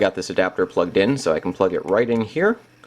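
Someone talks while handling an MK802 IIIS Android 4.1 mini PC stick (with Bluetooth and 2 USB host ports), bringing its HDMI plug to an adapter already plugged into a monitor. The clip ends before the plug goes home; nothing has seated or clicked yet.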